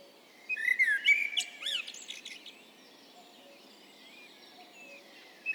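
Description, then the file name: Eurasian blackbird singing one phrase of fluty, warbled whistles that breaks into a high, squeaky twitter, then a quiet pause. "Turdus merula"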